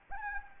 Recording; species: mosquito wingbeat signal from an infrared sensor; Anopheles gambiae